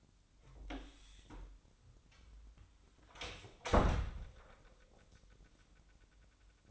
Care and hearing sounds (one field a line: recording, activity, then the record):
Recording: daily activity, microphone in the room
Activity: close door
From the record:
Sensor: 3